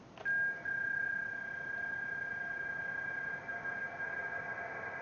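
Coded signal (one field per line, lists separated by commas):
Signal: PSK31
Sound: a steady warbling tone around 1.6 kHz over background hiss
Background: radio static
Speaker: So yeah, that's PSK31 phase shift keying. Really cool. You're able to kind of send text over the radio, over the air. If you're wondering what that sounds like, it's like this.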